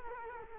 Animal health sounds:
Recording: mosquito wingbeat signal from an infrared sensor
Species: Culex quinquefasciatus

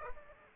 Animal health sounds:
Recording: mosquito wingbeat signal from an infrared sensor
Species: Aedes aegypti

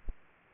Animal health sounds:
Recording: mosquito wingbeat signal from an infrared sensor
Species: Aedes aegypti

